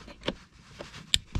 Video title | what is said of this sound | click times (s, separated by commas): Ecran arrière pour Model 3 et Y : approuvé par mon fils! Complet et facile à installer | on a attendu le petit clic on va faire de même pour | 1.1 s